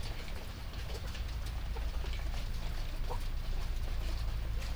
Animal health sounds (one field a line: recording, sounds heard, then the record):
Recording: poultry house recording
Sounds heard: sick chickens (respiratory disease)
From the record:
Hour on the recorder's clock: 3